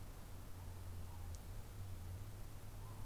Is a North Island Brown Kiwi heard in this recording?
no